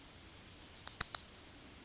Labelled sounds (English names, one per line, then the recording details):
Yellowhammer song
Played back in forest
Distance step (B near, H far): B
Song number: 160